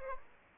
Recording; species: mosquito wingbeat signal from an infrared sensor; Aedes aegypti